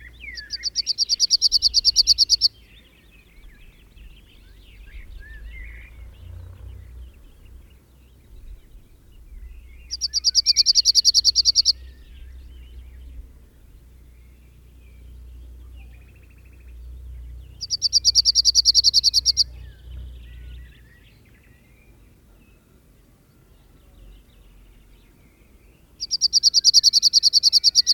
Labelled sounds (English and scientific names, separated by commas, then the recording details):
Cirl Bunting (Emberiza cirlus) song
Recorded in the wild
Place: Lakatnik, Sofia, BG
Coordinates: 43.053, 23.409
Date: 1974-05-17
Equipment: Nagra III BH, Sennheiser MD 21, parabola
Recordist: Schubert, Michael